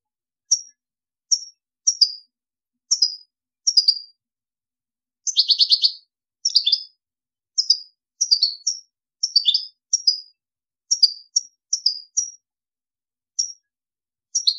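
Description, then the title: European goldfinch calls: a series of short high chirping notes, single or paired, with one buzzy trill. "Chant Chardonneret"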